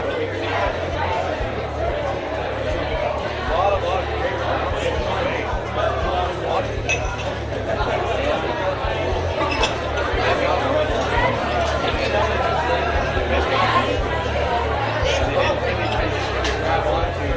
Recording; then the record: background sound without coughing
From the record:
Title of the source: CITY SOUNDS Busy Bar in the Evening Night - 2 HOURS of Ambiance for Relaxation